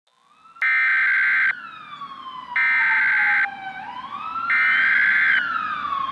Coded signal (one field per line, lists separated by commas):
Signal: Emergency Alert System (SAME) tones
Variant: header bursts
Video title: TORNADO EAS SCENARIO - TORNADIC NIGHTMARE